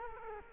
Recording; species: mosquito wingbeat signal from an infrared sensor; Culex quinquefasciatus